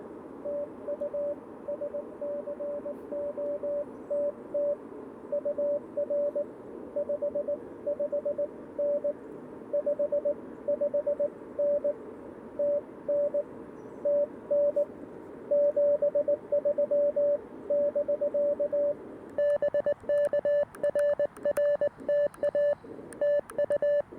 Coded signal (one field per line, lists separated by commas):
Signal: Morse code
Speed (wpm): 20 wpm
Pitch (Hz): 590 Hz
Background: radio noise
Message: TU SCOTT UR 55N 55N TN TN 73 <BK> BK RR TA TU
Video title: My CW Secret Combo? CFT-1 & POTA PERformer 17' Whip